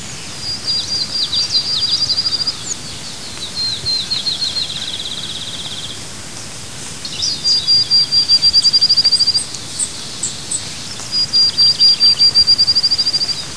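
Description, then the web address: Field sparrow song, series of thin high whistled notes running into trills, given a few times over a steady background hiss. Recorded at Mitchell Lake. "Mitchell Lake Fld Sparrow"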